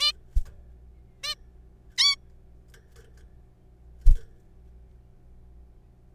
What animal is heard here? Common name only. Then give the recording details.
Zebra Finch. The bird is a juvenile. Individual R3428